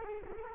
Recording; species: mosquito wingbeat signal from an infrared sensor; Culex quinquefasciatus